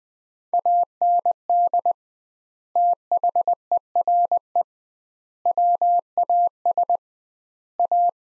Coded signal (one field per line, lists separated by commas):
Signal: Morse code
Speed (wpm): 21 wpm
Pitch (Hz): 700 Hz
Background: none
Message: AND THERE WAS A